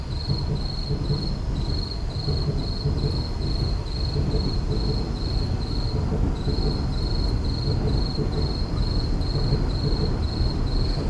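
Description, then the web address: Insects calling in high, evenly spaced pulses with one brief pause, over a heavy low rumble. Insects at night in an urban park. "boom library Urban and Suburban Urban park night insects"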